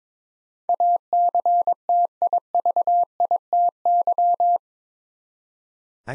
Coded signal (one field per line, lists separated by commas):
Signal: Morse code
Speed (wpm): 22 wpm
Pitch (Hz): 700 Hz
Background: none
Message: ACTIVITY